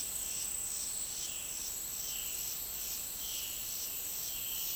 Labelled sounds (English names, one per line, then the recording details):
none
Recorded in dense forest near Puerto Asís, Putumayo, Colombia, on 24 March 2025 at 11:30
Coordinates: 0.499, -76.324
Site GP03